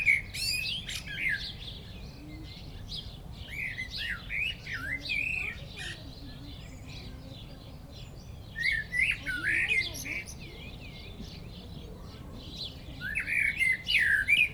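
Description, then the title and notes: Common blackbird song in fluty, wandering phrases mixed with high scratchy twittering; several song bouts with short silences between. Song from a bird perched atop a tree in Châtillon village, Chindrieux, France; Zoom H4n Pro recorder placed upright on the ground, preamp level 100. "1004 Rte de Châtillon, 73310 Chindrieux, France - Un merle au village. Un merle perché au sommet d'un arbre chante dans le village de Châtillon"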